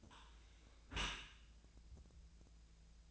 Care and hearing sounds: daily activity, microphone in the room; close dishwasher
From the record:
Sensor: 2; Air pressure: 1000.4 hPa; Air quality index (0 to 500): 168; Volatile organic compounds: 3 ppm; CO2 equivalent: 1393 ppm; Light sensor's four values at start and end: 11/31/12/14 and 11/31/12/14

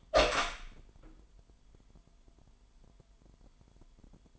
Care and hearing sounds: daily activity, microphone in the room; open door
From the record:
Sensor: 5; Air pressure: 998.4 hPa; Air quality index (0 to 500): 82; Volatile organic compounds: 1 ppm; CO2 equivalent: 931 ppm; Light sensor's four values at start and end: 33/80/33/37 and 33/80/33/37

